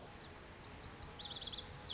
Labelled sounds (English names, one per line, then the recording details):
Lazuli Bunting
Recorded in Sonoma County, California